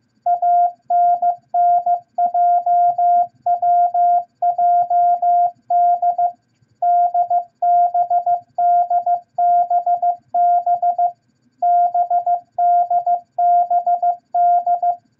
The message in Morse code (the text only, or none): ANNJWJD DBDBB BDBD